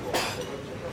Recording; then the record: coughing mixed with background sound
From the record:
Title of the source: 61 morning phlegmy cough...again